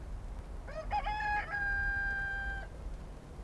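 A rooster crows once, a few choppy rising notes breaking into one long, steady, nasal cry that holds for nearly two seconds before cutting off, over a low background hum.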